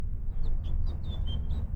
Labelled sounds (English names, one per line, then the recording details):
House Finch song
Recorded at North Valley Stream on Long Island, New York, on 17 June 1975
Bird D